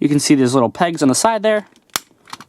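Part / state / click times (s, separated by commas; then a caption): plastic pegged side panel into the toy robot's body / seated / 2.0 s. Someone talks, then a plastic side panel with small pegs is pressed into the body of a U-Repair Wall-E toy robot figure, giving a loud, sharp click at 2.0 s, followed by two fainter ticks around 2.3 and 2.4 s. The panel clicks into place and is seated.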